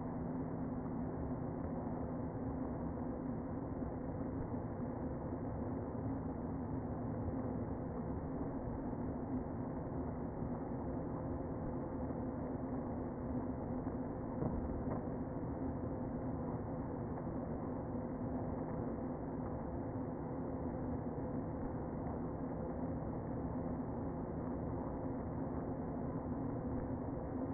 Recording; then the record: honeybee colony, microphone inside the hive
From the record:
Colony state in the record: queen present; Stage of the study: before two queens were removed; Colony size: about 60,000 bees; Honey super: yes